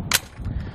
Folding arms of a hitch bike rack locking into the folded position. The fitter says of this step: the way you're gonna hear a loud audible click that's